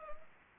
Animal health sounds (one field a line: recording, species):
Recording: mosquito wingbeat signal from an infrared sensor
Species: Anopheles arabiensis